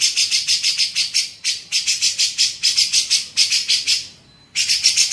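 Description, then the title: Grey-cheeked bulbul rattling out rapid harsh notes in short phrases, with a half-second pause before a final burst. Masteran training song used to teach songbirds. "MASTERAN CUCAK JENGGOT"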